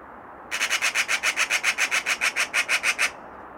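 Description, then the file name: Eurasian magpie giving a harsh, rasping chatter: a rapid series of grating notes lasting about two and a half seconds, then silence. "Pica pica"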